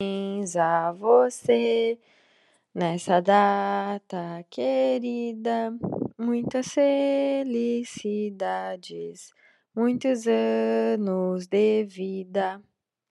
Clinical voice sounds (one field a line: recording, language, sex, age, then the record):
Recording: short text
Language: Brazilian Portuguese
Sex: female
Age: 20 to 29 years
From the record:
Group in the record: control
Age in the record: 27 years